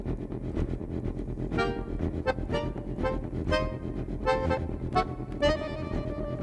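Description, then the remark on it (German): On an Austrian railway, a steady low rumble runs throughout while a train whistle sounds in a series of short, bright toots of varying pitch, some overlapping, with a longer blast near the end. “Das ist ein kleines Stück österreichischer Eisenbahnträumerei.”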